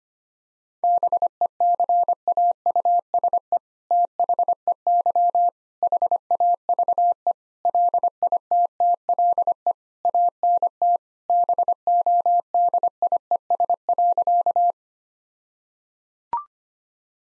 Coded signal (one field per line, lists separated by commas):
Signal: Morse code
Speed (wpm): 25 wpm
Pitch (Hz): 700 Hz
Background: none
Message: BECAUSE THEY HAVE LITTLE ANT BODIES.